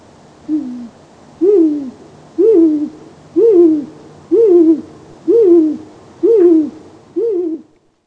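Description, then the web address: Great Gray Owl hoots: a series of eight short, down-slurred notes repeated about once a second, each rising briefly then falling, over quiet background hiss. "Peterson North American Birds iso sound ggow"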